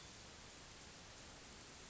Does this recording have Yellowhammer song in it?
no